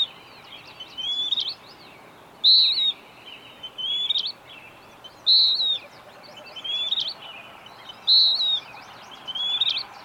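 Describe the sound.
Bird singing short clear whistles that dip at the end, alternating with softer twisting phrases in a repeated pattern, over constant background hiss.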